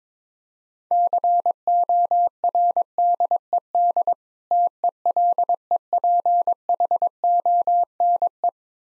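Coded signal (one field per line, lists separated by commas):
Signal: Morse code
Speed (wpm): 23 wpm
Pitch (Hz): 700 Hz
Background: none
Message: CORDED TELEPHONE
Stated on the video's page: Morse practice of difficult words at 22 wpm with context hints, speed-racing format.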